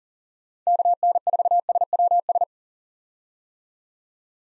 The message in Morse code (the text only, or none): KN4SWS